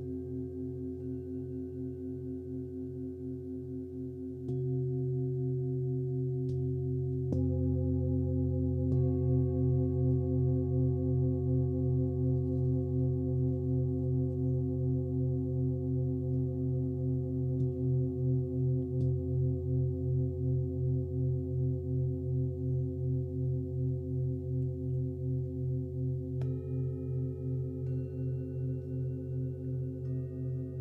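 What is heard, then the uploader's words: A Himalayan bowl rings with a steady, humming tone that wavers in a slow, regular pulse. New strikes around 4, 7 and 26 seconds add fresh layers and lift the sound, and the low drone swells and sustains throughout without fading. A Himalayan Bowl Meditation.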